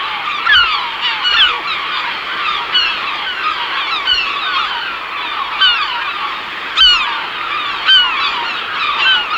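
Herring gull colony: several loud calls at irregular intervals over a constant babble of many calling gulls.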